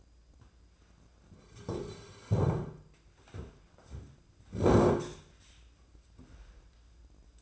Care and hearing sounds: daily activity, microphone in the room; sit down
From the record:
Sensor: 2

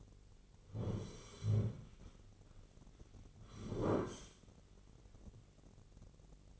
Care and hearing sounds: daily activity, microphone in the room; sit down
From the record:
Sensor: 4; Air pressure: 1010.1 hPa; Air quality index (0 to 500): 182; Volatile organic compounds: 2 ppm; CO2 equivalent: 1315 ppm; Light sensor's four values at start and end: 43/104/44/47 and 43/105/44/48

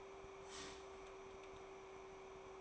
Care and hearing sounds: daily activity, microphone in the room; start toaster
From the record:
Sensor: 1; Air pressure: 1014.7 hPa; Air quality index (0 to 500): 192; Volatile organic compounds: 27 ppm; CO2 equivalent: 2900 ppm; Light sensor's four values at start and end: 4/9/3/3 and 4/9/3/3

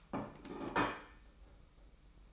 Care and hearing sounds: daily activity, microphone in the room; place plate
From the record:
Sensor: 1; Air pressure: 991.8 hPa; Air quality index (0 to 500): 165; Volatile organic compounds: 1000 ppm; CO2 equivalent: 6198 ppm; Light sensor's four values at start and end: 29/98/38/39 and 29/99/38/39

